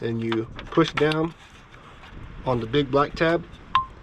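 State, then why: Seated. Someone talks while the big black tab on a plastic ECU wiring harness connector of a 6-speed Chevrolet Sonic is pushed down to seat the connector into the ECU. A little tiny click is heard at 3.8 s as the connector clicks back into place, confirming it is seated.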